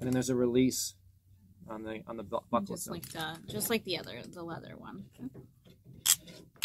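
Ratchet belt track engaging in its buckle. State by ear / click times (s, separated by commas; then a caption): seated / 6.1 s. Someone talks, then a ratcheting track-line gun belt is tightened through its buckle. The pawl clicks into a notch on the track at 6.1 seconds, and the belt seats into place.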